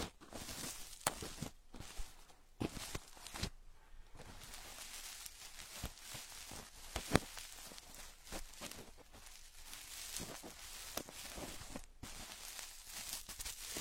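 Ear picking: a continuous scratchy, crackling rasp with frequent sharp clicks and pops at an irregular pace. The scraping is bright and dense, swelling and easing in short strokes, with a louder snap near the seven-second mark.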